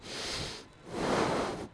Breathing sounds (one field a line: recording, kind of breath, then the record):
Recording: one breath in and out by a microphone near the nose and mouth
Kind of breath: deep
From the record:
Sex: male